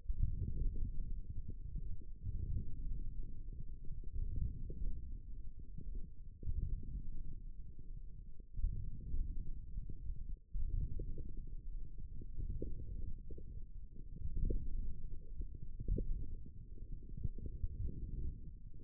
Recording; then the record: forearm muscle sounds (acoustic myography)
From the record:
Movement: forearm supination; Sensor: system 1, eight BSWA MPA416 microphones around the upper forearm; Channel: 1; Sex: male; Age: 18 years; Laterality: right